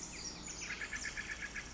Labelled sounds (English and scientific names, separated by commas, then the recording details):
Pacific Wren (Troglodytes pacificus)
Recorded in Sonoma County, California